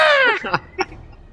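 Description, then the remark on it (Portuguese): A voice imitates the film character Jim screaming: one short, shrill, high-pitched shriek that slides slightly downward, followed by a couple of quick, breathy vocal bursts. “Aí a Jim grita, né, cara?”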